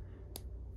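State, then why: Seated. A plastic limiter piece with its mask plate is pushed down onto the sword of an S.H. Figuarts Shinkocchou Seihou Kamen Rider Kiva Emperor Form action figure. It gives a sharp, bright click at 0.4 s as it locks in place, over a low steady hum. A fainter, softer sound follows near the end.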